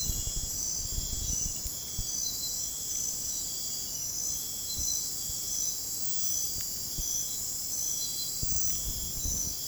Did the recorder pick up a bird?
no